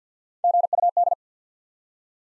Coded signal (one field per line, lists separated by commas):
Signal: Morse code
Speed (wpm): 50 wpm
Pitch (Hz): 700 Hz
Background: none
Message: GUD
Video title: Top 20 QSO Elements 50wpm